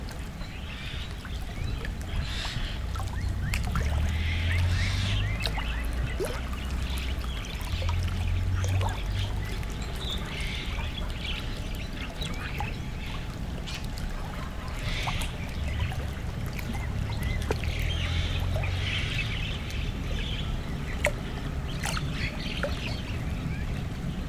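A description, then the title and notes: Water laps steadily for the whole stretch, a dense low churning with soft splashes and brighter slaps scattered every second or two. The level stays even throughout, with a faint steady hum underneath and what may be bird or duck calls. Lapping water.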